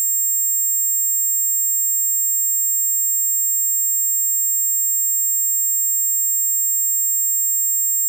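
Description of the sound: A steady, very high-pitched ringing made of several layered tones, with harmonics, holds unchanged for about eight seconds, with no low sound beneath it. This is a sound-effect imitation of ringing in the ears, tinnitus, the ringing a person hears without any outside source.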